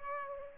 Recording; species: mosquito wingbeat signal from an infrared sensor; Aedes aegypti